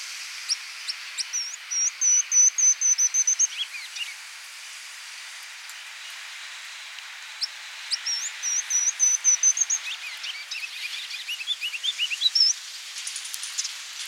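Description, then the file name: Ruby-crowned kinglet singing high, rapid phrases of repeated bright notes in two bursts of a few seconds each, followed by softer, more varied twittering, over a steady background hiss. "Regulus calendula - Ruby-crowned Kinglet"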